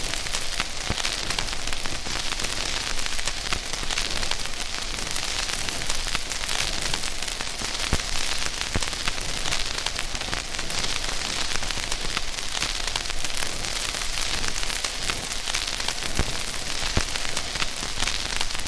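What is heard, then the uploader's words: Vinyl record crackle fills the clip with a steady bright hiss, dense fine pops and occasional sharper clicks scattered throughout, no music. Sound Of A Crackling Vinyl Record. This is a white noise type of sound of a vinyl record crackling.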